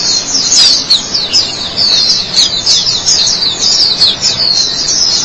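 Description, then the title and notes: White-eye giving a busy, high twittering song of quick slurred notes, steady throughout with slight swells. Chirping song. "Suara kicauan burung pleci"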